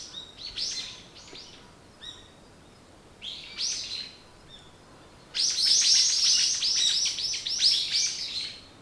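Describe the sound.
Bird song in short bursts of high chirps separated by pauses, ending in a loud, rapid run of dense chattering notes.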